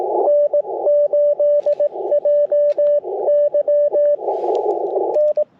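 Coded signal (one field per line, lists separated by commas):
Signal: Morse code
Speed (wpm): 22 wpm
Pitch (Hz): 600 Hz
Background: radio noise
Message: N8JY N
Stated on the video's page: QRP CW Parks on the Air activation using an Icom IC-705 with a Gabil GRA-7350T antenna and BaMaKeY TP-III paddles.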